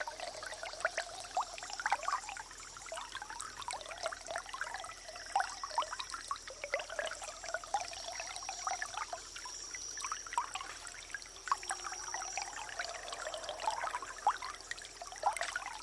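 Water trickles and bubbles steadily for the whole stretch, a dense patter of small splashes and gurgles in the middle and upper range. A faint, thin high whine holds level behind it throughout, and there is almost no low rumble.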